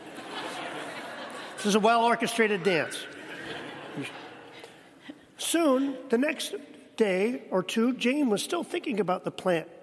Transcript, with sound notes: Oh, nice.
(laughs)
This is a well-orchestrated dance.
(laughs)
Soon, the next day or two, Jane was still thinking about the plant.